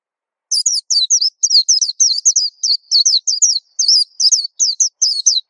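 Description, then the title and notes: White-eye song: a continuous, fast stream of high, sweet twittering chirps, each note sliding downward, running for about five seconds. Sweet, long song. "Kicau Burung Pleci. suara burung pleci merdu panjan"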